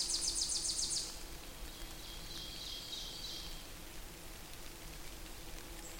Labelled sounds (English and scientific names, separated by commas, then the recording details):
Ovenbird (Seiurus aurocapilla) song
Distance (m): 70 m
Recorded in boreal forest in Alberta, Canada, on 8 June 2016 at 08:43
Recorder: SongMeter 3, array SBT-3-9
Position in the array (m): 79 m, 71 m
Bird 34